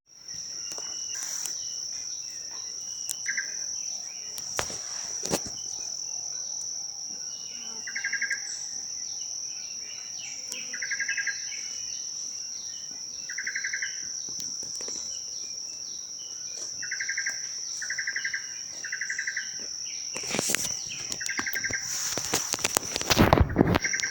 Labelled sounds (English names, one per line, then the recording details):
Western Tinkerbird
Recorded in Bwindi, Uganda